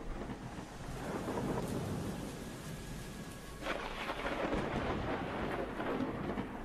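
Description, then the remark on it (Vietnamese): Steady rain hisses throughout an outdoor storm with wind, while deep thunder rumbles low and heavy, swelling into a louder crack and roll partway through before continuing to grumble under the downpour. “Ở ngoài trời sấm sét mưa gió cứ đùng đoàng.”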